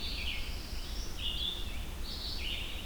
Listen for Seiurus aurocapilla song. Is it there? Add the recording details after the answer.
no. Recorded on 23 June 2016 at 05:57. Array SBT-6-76